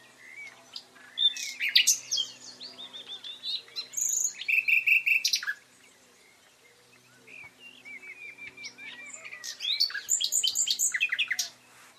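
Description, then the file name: Common nightingale song in varied bursts: chattering and rapid repeated notes, a quiet pause, then another fast run of repeated rattling notes. "Luscinia megarhynchos"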